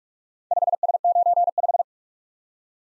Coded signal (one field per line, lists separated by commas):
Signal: Morse code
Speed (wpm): 48 wpm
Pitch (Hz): 700 Hz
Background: none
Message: 5S95